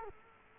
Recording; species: mosquito wingbeat signal from an infrared sensor; Culex quinquefasciatus